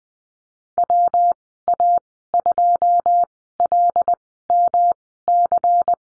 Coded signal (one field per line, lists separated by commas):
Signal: Morse code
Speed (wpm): 20 wpm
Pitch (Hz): 700 Hz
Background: none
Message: WA2LMC